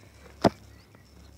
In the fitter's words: cranking system run until there's a clicking sound and lock there as I